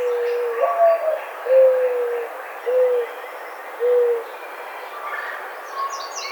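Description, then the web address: Mourning dove cooing: a low note sliding up, then three steady, soft, hollow coos spaced about a second apart. Recorded on 5 May 2009. "Mourning Dove 2009 05 05"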